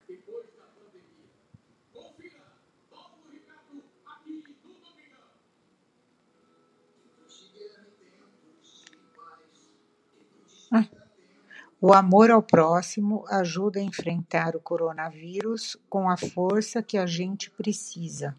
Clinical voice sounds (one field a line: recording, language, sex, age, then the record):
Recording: spoken sentence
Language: Brazilian Portuguese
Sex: female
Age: 50 to 59 years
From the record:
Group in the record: control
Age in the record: 59 years